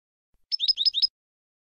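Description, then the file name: European goldfinch song: a short burst of about five quick, bright, tinkling notes, each slurred downward, over roughly half a second in silence. Recorded 2019; described as clean goldfinch song. "Canto del Jilguero Limpio 2019 Chant chardonneret 2019"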